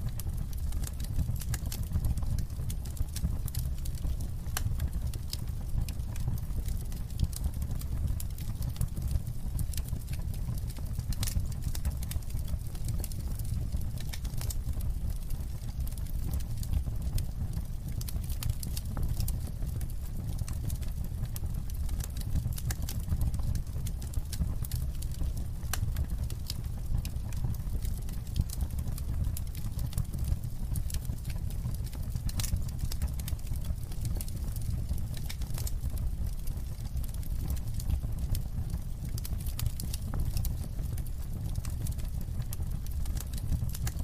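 A fire burns steadily, its crackle made of dense, quick pops and snaps scattered through the whole stretch without pause. Beneath them runs a constant low, soft roar of the flames, even in loudness from start to finish.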